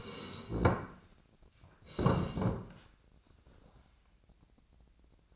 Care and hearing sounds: daily activity, microphone in the room; sit down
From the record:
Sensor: 2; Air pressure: 1012.1 hPa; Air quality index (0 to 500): 166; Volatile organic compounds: 2 ppm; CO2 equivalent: 1216 ppm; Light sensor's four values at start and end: 76/166/79/97 and 47/117/51/57

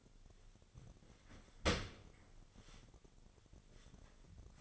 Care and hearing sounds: daily activity, microphone in the room; open dishwasher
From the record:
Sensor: 4

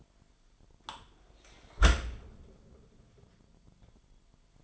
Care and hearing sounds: daily activity, microphone in the room; close dishwasher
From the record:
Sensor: 5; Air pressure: 998.4 hPa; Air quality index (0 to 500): 82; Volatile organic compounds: 1 ppm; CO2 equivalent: 934 ppm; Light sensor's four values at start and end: 21/49/21/23 and 21/49/21/23

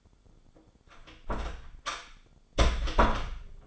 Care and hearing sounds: daily activity, microphone in the room; close door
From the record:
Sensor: 5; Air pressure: 1015.3 hPa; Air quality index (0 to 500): 202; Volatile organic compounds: 10 ppm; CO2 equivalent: 2201 ppm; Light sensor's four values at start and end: 36/81/33/31 and 36/81/33/31

